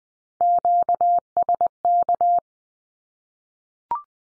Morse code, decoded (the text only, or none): QSK